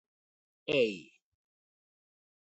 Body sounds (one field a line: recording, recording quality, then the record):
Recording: sustained vowel as in made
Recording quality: excellent, no background noise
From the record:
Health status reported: healthy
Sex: male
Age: 35 years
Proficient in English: yes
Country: India